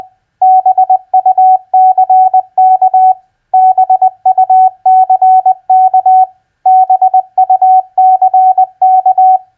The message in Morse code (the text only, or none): BUCK BUCK BUCK